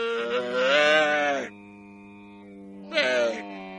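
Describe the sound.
Dromedary groaning, a long harmonic moaning bellow, then a quieter steady drone, followed by a second shorter moan near the end.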